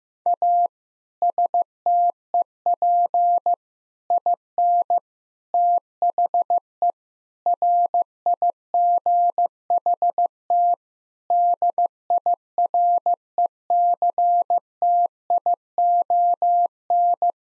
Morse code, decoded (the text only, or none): A STEP IN THE RIGHT DIRECTION